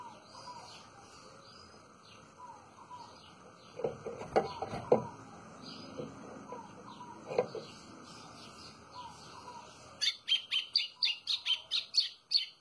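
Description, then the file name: White-throated seedeater: background bird whistles and a few scattered knocks give way to a White-throated seedeater's brisk series of high, buzzy chip notes at the end. "canto do golinho"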